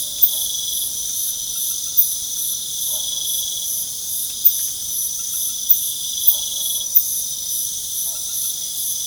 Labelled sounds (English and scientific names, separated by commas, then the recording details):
none
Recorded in pastures near Puerto Asís, Putumayo, Colombia, on 29 June 2025 at 21:30
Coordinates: 0.497, -76.327
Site G040